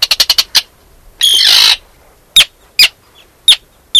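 Arctic tern opening with a fast burst of clipped notes, followed by a long harsh rasping screech and four sharp, emphatic kip calls.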